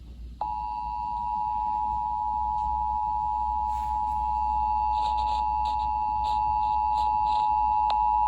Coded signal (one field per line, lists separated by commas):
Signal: Emergency Alert System (SAME) tones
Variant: 853 and 960 Hz attention tone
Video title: Early Summer Madness | EAS Alerts from 6/14/2026 (EAS #256-290)